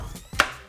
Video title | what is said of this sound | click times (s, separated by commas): Unboxing My Blackmagic Design PYXIS 6K: What Accessories Do You Need to Get Shooting? | you put it in and it clicks in place this a very reassuring click | 0.4 s